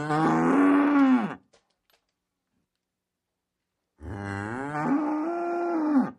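Cow mooing, two long lowing moos with a rising start and steady held tone, separated by a pause of about two and a half seconds.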